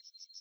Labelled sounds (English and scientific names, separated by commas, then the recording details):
Yellowhammer (Emberiza citrinella) song
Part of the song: start
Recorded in the Czech Republic on 23 May 2015
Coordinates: 16.260, 16.152
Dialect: BC
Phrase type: C41
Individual ch030